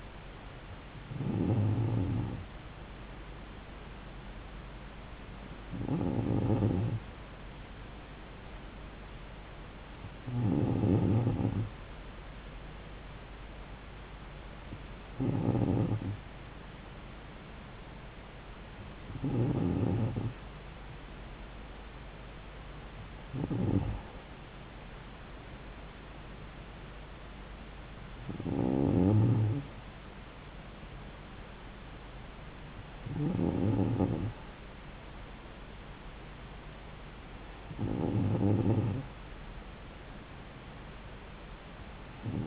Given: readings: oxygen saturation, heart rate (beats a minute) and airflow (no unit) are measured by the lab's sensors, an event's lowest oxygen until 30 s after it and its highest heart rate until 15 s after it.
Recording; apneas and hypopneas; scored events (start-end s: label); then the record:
breathing in sleep by a voice recorder at the bedside; none
none scored
From the record:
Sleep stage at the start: N2 (light sleep); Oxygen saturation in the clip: 94%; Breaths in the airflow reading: 9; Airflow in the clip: -3.8 to 6.0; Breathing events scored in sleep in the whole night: 270 in 6.1 hours asleep